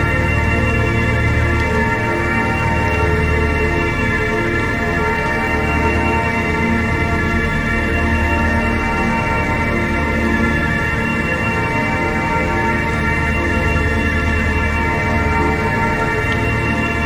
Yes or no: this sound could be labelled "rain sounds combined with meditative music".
yes